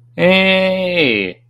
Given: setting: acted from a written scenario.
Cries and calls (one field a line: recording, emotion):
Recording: vocal sound without words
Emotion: elation